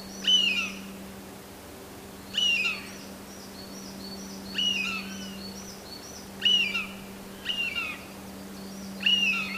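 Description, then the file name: Eurasian jay giving several harsh rasping calls with a whistled edge, a second or two apart; faint high chirps and a steady low hum behind. "kakesu"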